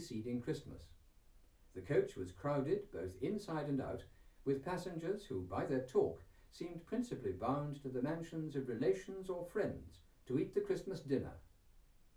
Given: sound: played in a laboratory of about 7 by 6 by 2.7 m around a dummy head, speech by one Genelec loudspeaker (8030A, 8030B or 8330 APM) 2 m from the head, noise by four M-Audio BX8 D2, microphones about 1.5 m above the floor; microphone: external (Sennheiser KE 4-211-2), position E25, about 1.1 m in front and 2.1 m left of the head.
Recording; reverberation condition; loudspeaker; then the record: male speech in English; low; 150 degrees to the right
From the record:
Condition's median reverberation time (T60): about 310 ms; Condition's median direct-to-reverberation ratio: about 3.5 dB